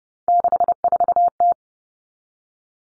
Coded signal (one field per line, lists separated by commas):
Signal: Morse code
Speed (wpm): 30 wpm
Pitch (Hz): 700 Hz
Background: none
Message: 64T